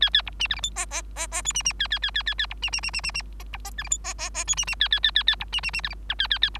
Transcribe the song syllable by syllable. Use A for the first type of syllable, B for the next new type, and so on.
A A B C D E F G G G G H C C A A A A A A B C C C C C C G B G D E F G G G H C C A A A A A B C C C D E I A A A B